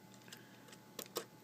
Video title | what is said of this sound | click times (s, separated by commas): Transformers MP-11: Masterpiece STARSCREAM | look like that until it locks into place | 1.0 s, 1.2 s